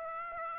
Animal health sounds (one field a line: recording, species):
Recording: mosquito wingbeat signal from an infrared sensor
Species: Aedes aegypti